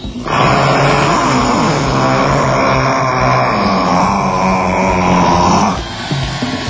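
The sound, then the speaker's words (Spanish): At the audience's request, a man lets out a long, loud, sustained vocal yell imitating Tarzan's call. It stays strong and harmonic throughout, lasting over five seconds before it abruptly cuts off into a brief noisy tail. “Ante el pedido del público, voy a tratar de hacer el grito de Tarzán.”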